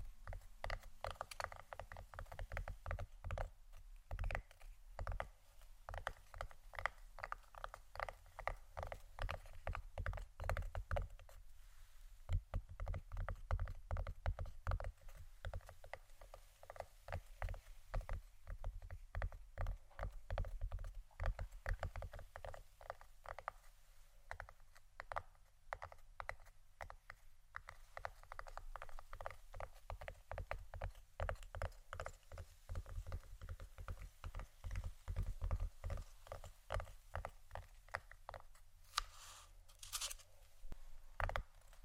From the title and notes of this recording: ASMR Pure Tapping （No Talking）.